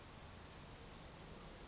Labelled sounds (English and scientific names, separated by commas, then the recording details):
California Towhee (Melozone crissalis)
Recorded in Sonoma County, California